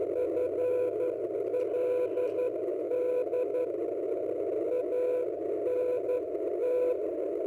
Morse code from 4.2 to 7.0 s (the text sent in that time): ANT